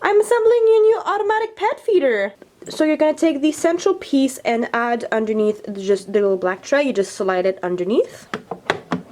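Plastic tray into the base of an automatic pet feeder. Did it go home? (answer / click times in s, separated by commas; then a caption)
no / none. Someone talks while assembling an automatic pet feeder, sliding the little black plastic tray underneath the central piece toward the base. A few brief, sharp taps come at about 8.7, 8.9 and 9.2 seconds as the clip ends. Nothing has seated or clicked yet.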